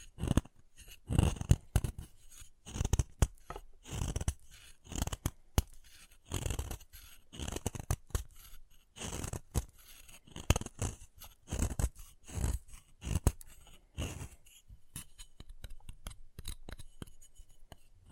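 Chalk being carved and cut, heard as a run of short, dry scraping strokes and sharp snips. The strokes come in quick irregular bursts every half second or so, with brief quiet gaps between, and grow lighter and more scratchy toward the end.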